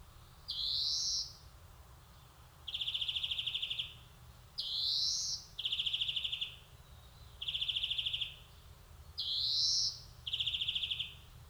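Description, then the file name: European greenfinch calls: rising, nasal wheezes mixed with buzzy, rapidly pulsed trills. "Chloris chloris"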